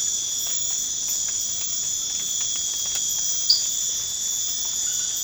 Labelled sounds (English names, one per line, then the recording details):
none
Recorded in pastures near Puerto Asís, Putumayo, Colombia, on 12 March 2025 at 00:30
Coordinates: 0.502, -76.324
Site GP07